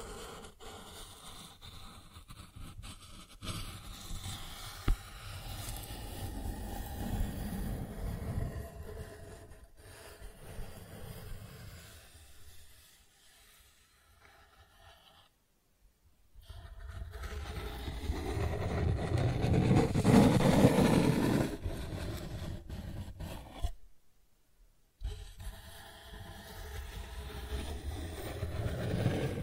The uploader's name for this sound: Cardboard Scratching, Tracing, Tearing